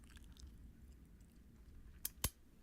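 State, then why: Seated. A 5/8 inch steel collet is pushed into a lathe collet chuck headpiece over low rumbling and a few faint ticks. A sharp metallic snap at 2.1 s, followed by a second at about 2.2 s, marks the collet seating home in the headpiece.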